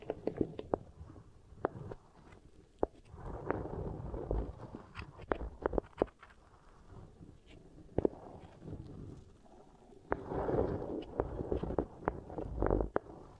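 Soft beeswax is pressed and worked right against the ear, giving muffled squishing and rubbing with sharp crackles and pops scattered throughout. Denser, louder kneading swells around four, ten to eleven, and near thirteen seconds, with quieter stretches between.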